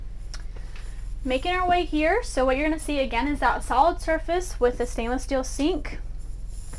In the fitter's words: just make sure that those lock back into place there as you hear that click as you don't want those coming in and out